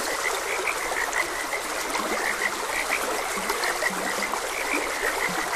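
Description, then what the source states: Frog chorus with crisp chirps repeating every fraction of a second and several short low croaks, over the constant sound of flowing water. Frogs croaking beside a gentle stream.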